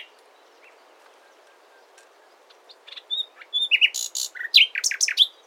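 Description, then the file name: Common nightingale song beginning after about three seconds of near quiet, with rich, varied phrases of sharp chirps, rapid notes and a few fluty whistles. "Luscinia megarhynchos"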